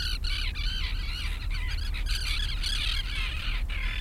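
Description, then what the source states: Flock of gulls crying continuously, loud overlapping squawks and yelps, with a low steady background roar. Several seagulls near the sea.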